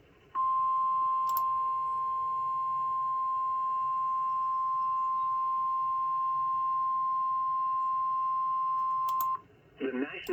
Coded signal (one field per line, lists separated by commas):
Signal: Emergency Alert System (SAME) tones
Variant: 1050 Hz attention tone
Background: speech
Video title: PROTECT THE CHEESE (L.S. EAS #152) Tornado Warning